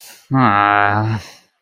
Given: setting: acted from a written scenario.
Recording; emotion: vocal sound without words; disappointment